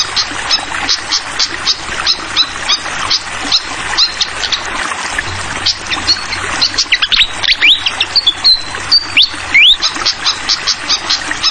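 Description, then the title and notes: Malaysian pied fantail singing a long run of fast, even chips, then a burst of rising whistled slurs, then more chips, with trickling water beneath throughout. Tutoring track (masteran) for training songbirds; clear-voiced song mixed with the sound of trickling water. "Masteran Sikatan Kipas Suara Jernih Dan Suara Gemericik Air. Suara Burung Sikatan Londo"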